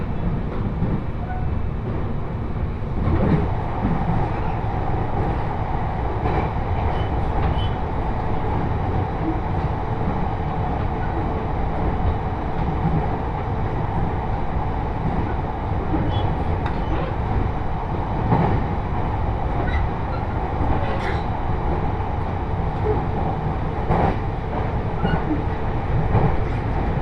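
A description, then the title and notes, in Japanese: A ride on the Joban Line train from Sendai toward Hamayoshida, with a steady low rumble of the carriage running throughout. Faint clicks and rattles recur irregularly over the constant drone, and a thin tone holds in the middle range the whole time. 鉄道旅 常磐線 仙台→浜吉田。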